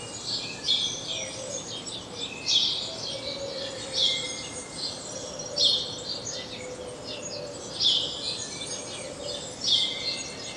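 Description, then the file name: House sparrow chirping in bright, clustered bursts every two seconds or so, with faint thin whistles between them. "Passer domesticus"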